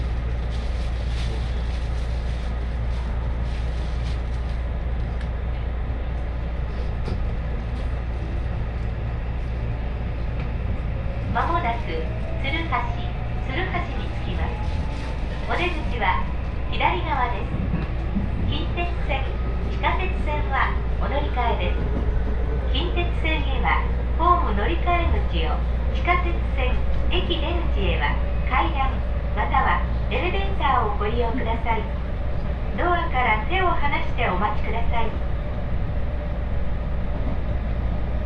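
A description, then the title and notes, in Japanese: An Osaka Loop Line train ride toward Kyobashi, with a steady low rumble running through the whole recording. From about eleven seconds on, voices come and go in short bursts of talk, and a faint rising whine from the train's motor climbs beneath them midway. 耳で楽しむ鉄道旅 ＪＲ難波→新今宮→京橋→鴫野。大阪環状線の内回り電車に乗り換えて京橋に向かいます。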